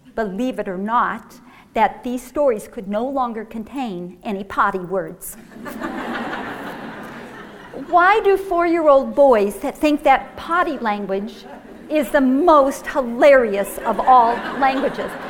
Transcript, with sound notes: believe it or not, that these stories could no longer contain any potty words. [laughter] Why do four-year-old boys think that potty language is the most hilarious of all languages?